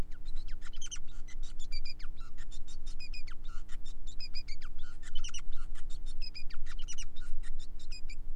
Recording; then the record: song of a male Bengalese finch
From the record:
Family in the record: son of father 5